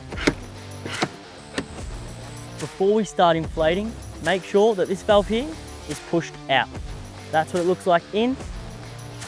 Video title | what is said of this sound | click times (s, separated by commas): How to Set Up the XTM Air Cruiser Roof Top Tent | this bracket, pull it across and you'll hear a click. | 0.3 s